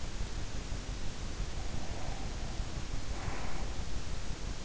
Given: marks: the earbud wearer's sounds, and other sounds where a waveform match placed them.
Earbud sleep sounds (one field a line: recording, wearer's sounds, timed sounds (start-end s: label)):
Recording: sounds in sleep by an in-ear microphone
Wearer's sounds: breath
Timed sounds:
1.32-3.98 s: breath